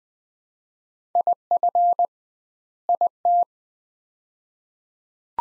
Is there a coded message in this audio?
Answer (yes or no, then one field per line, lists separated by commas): yes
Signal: Morse code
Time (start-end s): 1.2-3.4 s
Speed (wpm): 20 wpm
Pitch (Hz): 700 Hz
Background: none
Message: IF IT